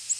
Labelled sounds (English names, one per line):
Ovenbird flight call